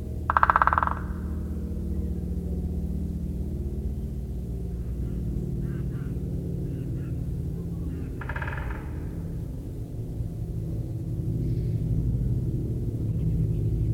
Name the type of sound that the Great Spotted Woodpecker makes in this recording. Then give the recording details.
drumming. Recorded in the wild. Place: Lebbin, Insel Rügen, Mecklenburg-Vorpommern, DE. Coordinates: 54.569, 13.359. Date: 1973-10-12. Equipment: Nagra III BH, Sennheiser MD 22. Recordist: Schubert, Michael